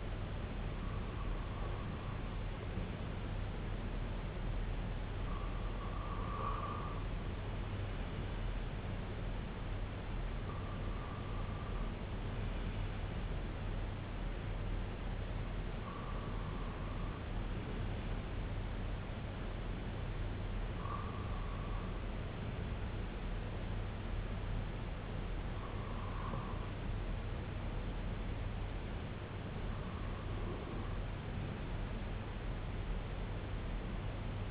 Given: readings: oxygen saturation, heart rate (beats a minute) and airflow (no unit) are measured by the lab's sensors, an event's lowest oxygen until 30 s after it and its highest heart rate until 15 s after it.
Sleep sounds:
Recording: breathing in sleep by a voice recorder at the bedside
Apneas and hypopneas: none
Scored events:
none scored
From the record:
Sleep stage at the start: REM sleep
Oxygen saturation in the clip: 95 to 98%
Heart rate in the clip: 61 to 75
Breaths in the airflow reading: 7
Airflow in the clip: -7.0 to 4.0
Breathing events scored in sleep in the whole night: 258 in 7.4 hours asleep

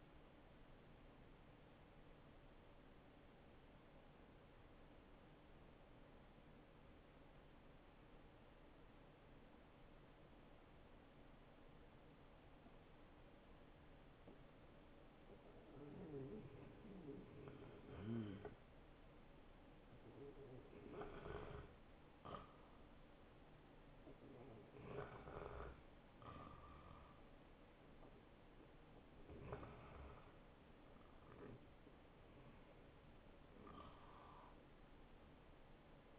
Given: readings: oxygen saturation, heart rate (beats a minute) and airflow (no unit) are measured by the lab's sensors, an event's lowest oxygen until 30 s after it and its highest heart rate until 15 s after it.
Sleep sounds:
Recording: breathing in sleep by a voice recorder at the bedside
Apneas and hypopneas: 1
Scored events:
3.00-15.80 s: obstructive apnea (REM, oxygen 73% highest, then 69% lowest, heart rate 88 at the start, 90 highest)
11.00-36.19 s: new sleep stage, N1 (lightest sleep)
From the record:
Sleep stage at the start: REM sleep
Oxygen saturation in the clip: 69 to 94%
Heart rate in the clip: 79 to 90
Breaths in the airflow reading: 6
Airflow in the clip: -7.6 to 4.9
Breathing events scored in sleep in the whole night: 263 in 5.5 hours asleep

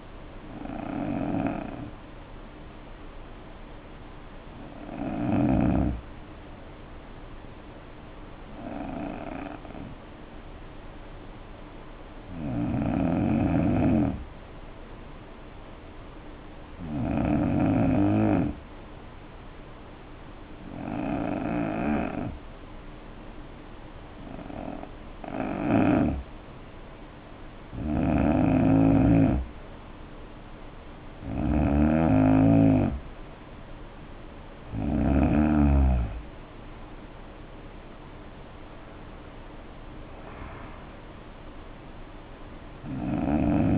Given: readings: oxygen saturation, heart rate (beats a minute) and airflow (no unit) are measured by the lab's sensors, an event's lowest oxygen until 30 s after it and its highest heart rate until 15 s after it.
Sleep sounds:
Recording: breathing in sleep by a voice recorder at the bedside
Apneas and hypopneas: 1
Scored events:
5.00-35.00 s: hypopnea (N2, oxygen 93% highest, then 85% lowest, heart rate 57 at the start, 72 highest)
From the record:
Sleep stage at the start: N2 (light sleep)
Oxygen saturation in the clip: 85 to 93%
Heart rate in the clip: 57 to 72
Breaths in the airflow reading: 11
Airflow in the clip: -5.0 to 5.6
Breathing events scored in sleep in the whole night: 520 in 7.2 hours asleep

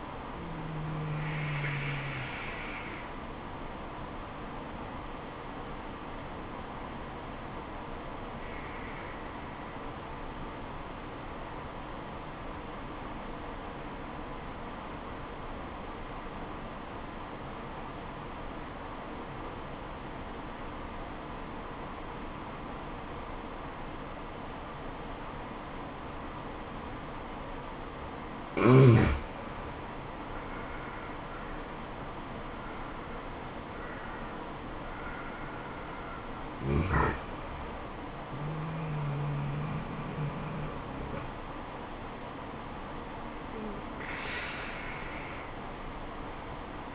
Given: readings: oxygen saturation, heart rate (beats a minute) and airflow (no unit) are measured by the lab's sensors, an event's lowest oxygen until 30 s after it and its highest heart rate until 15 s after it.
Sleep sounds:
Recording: breathing in sleep by a voice recorder at the bedside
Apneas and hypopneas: 1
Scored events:
5.00-29.30 s: obstructive apnea (N1, oxygen 96% highest, then 85% lowest, heart rate 71 at the start, 75 highest)
15.00-46.95 s: new sleep stage, N2 (light sleep)
From the record:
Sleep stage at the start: N1 (lightest sleep)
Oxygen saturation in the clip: 86 to 96%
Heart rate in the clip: 65 to 75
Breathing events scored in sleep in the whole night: 426 in 7.4 hours asleep

